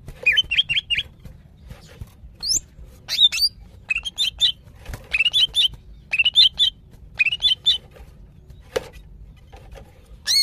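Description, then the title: Greater green leafbird calling in short bright whistled phrases of three or four rising notes, repeated with brief pauses, mixed with sharp upward-sweeping squeaks. Female, very vocal, calling to a male. "CUCAK IJO BETINA GACOR HIPER MEMANGGIL JANTAN"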